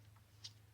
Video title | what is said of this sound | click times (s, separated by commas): LED DASH CLUSTER FOR THE SECOND GEN DODGE RAM | into the side of this hole made for it it clicks in at the top and | 0.4 s